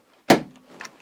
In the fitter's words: okay we have our nice click there from our torquing screwdriver